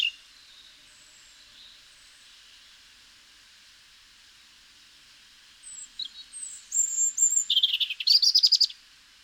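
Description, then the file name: European robin singing after several quiet seconds: a thin high whistled phrase with scattered notes, building into a rapid, sharp trill near the end. "Erithacus rubecula"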